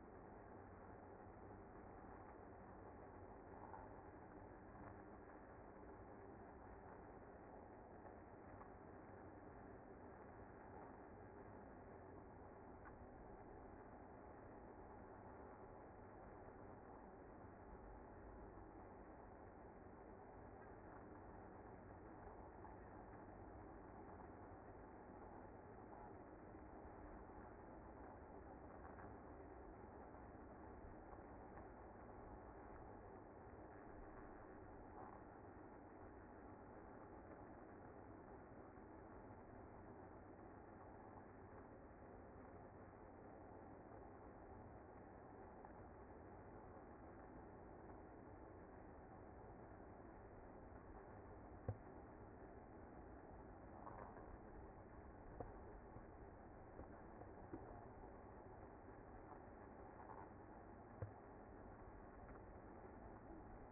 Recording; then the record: honeybee colony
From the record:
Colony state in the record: active